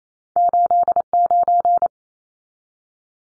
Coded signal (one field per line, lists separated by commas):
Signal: Morse code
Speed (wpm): 28 wpm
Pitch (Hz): 700 Hz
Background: none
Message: 89